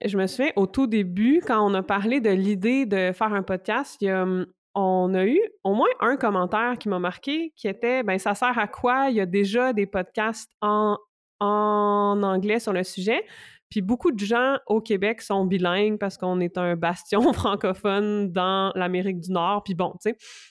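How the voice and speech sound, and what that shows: Adult woman, a speech-language pathologist and trainer, speaking Quebec French in a fluent, conversational manner with brief pauses. Typical speech.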